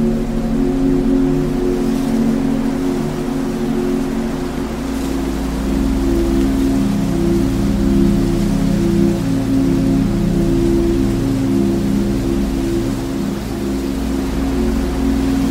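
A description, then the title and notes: Steady wind blows without pause, a dense, even rush that neither rises nor falls much over the clip. Beneath it, soft sustained music tones hold low and warm throughout, layered chords drifting with slight wavers but no clear beat or melody. Relaxing wind sounds blowing in fields with 432 Hz relaxing music.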